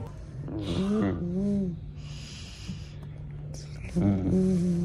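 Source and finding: Adult man. Strained dysarthric voice.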